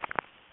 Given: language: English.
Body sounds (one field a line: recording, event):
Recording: throat vibration sensor signal played as sound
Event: swallow